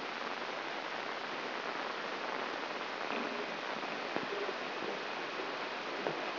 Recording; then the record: brain microelectrode recording played as sound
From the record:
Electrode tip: inside the subthalamic nucleus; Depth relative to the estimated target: 2.5 mm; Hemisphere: right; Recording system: AlphaMap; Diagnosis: Parkinson's disease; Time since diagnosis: 11 years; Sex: male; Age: 66 years